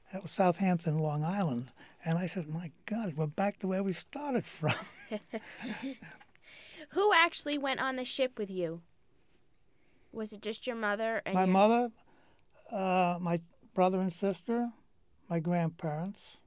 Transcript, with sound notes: that was Southampton Long Island and my said my God we are back where we started from. (they laugh)
Who actually went on the ship with you? Was it just your mother and yourÆ
My mother, my brother and sister, my grandparents